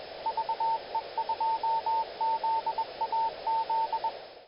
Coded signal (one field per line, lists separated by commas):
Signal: Morse code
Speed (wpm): 21 wpm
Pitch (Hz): 900 Hz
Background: radio noise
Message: VE2ZAZ